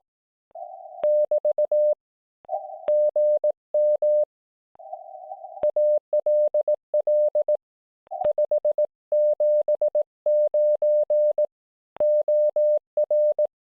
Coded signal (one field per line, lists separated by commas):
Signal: Morse code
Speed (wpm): 18 wpm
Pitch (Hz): 600 Hz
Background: none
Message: <BT> GM ALL 579 OR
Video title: 【徒歩キャンプ】30mのワイヤーをもって徒歩キャンプへ・0℃での焚火調理・QRPChatの実態とQRP TopBand